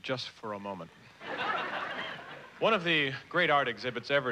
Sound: laughter

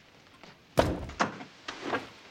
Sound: door opening

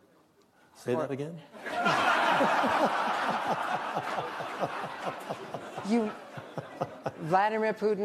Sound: laughter

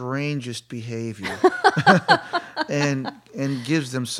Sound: soundbite of laughter

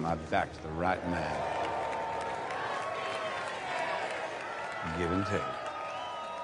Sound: applause

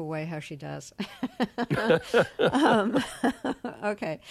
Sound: laughter

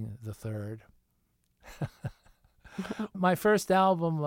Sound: laughter

